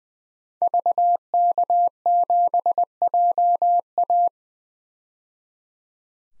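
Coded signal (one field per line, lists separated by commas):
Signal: Morse code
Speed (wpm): 20 wpm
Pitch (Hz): 700 Hz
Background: none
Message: VK7JA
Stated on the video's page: Morse practice at 20 wpm of 5-character DXCC-100 call signs, each sent, spoken, then sent again for head-copy.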